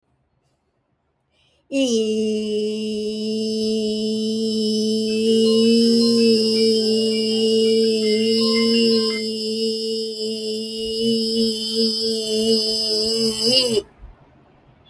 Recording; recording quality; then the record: sustained vowel as in beet; excellent, no background noise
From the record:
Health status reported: respiratory illness, not identified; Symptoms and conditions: asthma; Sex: female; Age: 69 years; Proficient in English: yes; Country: India